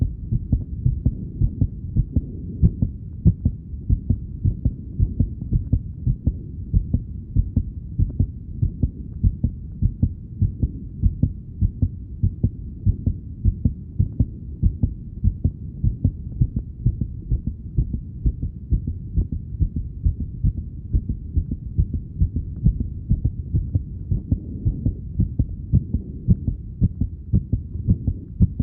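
Heartbeat at about 70 beats per minute, fluctuating, heard as steady low-pitched throbbing thuds.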